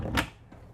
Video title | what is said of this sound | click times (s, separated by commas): 2025 Renegade Verona LE 40LRB With Star Link | and then when you put this back into position you'll hear a little click | 0.2 s